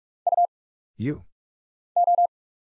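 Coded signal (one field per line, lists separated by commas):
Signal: Morse code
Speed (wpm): 44 wpm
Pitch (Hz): 700 Hz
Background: none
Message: U O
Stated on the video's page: Head-copy drill of random letters, numbers, punctuation and prosigns at 45 wpm, sent, spoken after a very short gap, then sent again.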